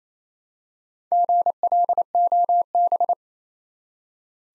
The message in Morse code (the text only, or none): GLOB